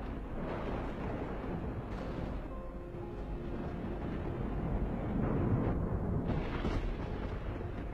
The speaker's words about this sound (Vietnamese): Bất chợt có tiếng sấm rền vang, như tiếng lòng của người con mất mẹ đau xót.